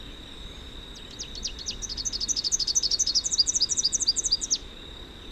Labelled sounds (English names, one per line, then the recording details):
Rufous-capped Warbler song
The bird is a male
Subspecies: rufifrons
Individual UJ-R06-M